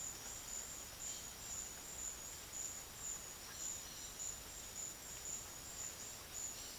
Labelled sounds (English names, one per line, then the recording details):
none
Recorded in secondary vegetation near Puerto Asís, Putumayo, Colombia, on 24 June 2025 at 12:00
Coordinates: 0.500, -76.326
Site GP08